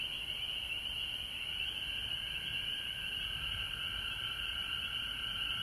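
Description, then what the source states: Frog chorus of many overlapping high-pitched trills forming an even wall of sound, with a weaker lower tone joining partway through. Frogs recorded at home in Georgia on March 19, 2020.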